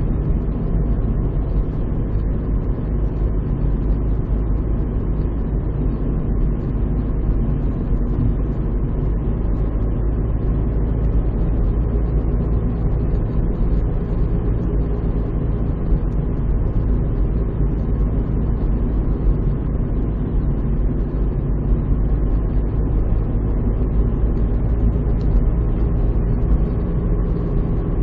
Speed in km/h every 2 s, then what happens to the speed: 56, 56, 56, 56, 58, 60, 60, 59, 58, 57, 56, 59, 61, 62.
0-20 steady at about 57. 20-28 speeds up to 62.